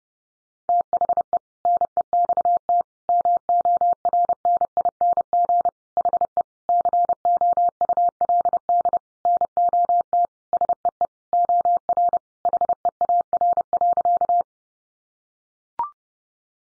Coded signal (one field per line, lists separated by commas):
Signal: Morse code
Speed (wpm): 30 wpm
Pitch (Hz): 700 Hz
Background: none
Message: THE NEXT MORNING HE COULD NOT SEE OR HEAR.